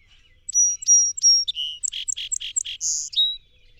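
Song sparrow song: three clear high whistled notes, then a quick run of buzzy chirps and a short rich trill, ending on a lower note.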